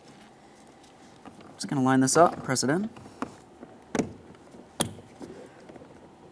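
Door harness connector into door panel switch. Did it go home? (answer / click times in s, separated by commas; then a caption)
yes / 4.8 s. A plastic door harness connector on a 2015-2019 Subaru Outback is lined up and pressed into the door panel switch for the mirror, window and door lock controls during a front power window regulator replacement. Someone talks, then faint plastic handling taps follow. A sharp click at 4.8 s confirms the connector is seated, and a light tug shows it is secured in place.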